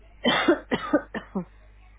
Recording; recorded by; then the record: voluntary cough; telephone call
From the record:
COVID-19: negative